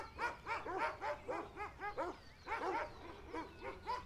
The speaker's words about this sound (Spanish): Los ladridos son muy frecuentes, no son de los que más me gustan.